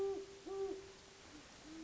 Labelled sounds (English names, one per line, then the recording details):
Great Horned Owl
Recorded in Sonoma County, California